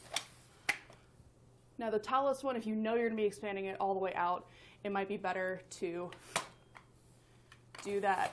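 A Thule aluminium telescoping ladder for vans is extended, and the next section's lock clicks into place at 0.7 s, seating it locked, after a shorter tap at 0.2 s. Someone then talks over a steady low hum, with a few faint ticks near the end.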